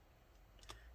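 A small metal screw is twisted backwards in its threaded hole in a Dell XPS 13 9350 laptop chassis until the thread start drops into place. Two faint, sharp clicks are heard at 0.6 and 0.7 seconds over quiet background noise. The click shows the screw is seated and going in straight rather than tilted.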